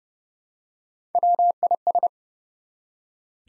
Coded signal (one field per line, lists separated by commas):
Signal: Morse code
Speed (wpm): 30 wpm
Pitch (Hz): 700 Hz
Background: none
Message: WIS